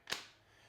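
A black titanium iPhone 15 Pro Max is pressed into a semi-rigid 28-gram Benks Armor Air Montage protective case. A single sharp, bright click sounds at 0.1 s and fades quickly into quiet. The phone snaps into the case and is seated.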